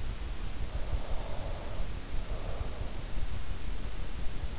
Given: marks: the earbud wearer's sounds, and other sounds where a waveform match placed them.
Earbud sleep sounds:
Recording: sounds in sleep by an in-ear microphone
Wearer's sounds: breath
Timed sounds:
0.85-3.23 s: breath

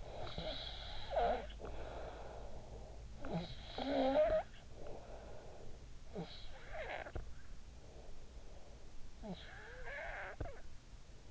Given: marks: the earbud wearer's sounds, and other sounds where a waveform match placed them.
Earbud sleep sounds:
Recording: sounds in sleep by an in-ear microphone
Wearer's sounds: snoring breath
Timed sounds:
0.00-11.31 s: snoring breath

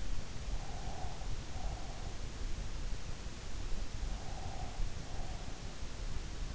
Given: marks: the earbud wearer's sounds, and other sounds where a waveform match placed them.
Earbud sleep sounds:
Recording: sounds in sleep by an in-ear microphone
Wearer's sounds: breath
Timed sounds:
0.44-2.45 s: breath
4.13-5.61 s: breath

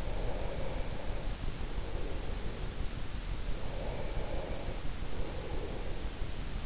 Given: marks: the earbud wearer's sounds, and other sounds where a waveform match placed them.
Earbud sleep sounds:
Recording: sounds in sleep by an in-ear microphone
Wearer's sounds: breath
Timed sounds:
0.00-2.87 s: breath
3.48-6.62 s: breath

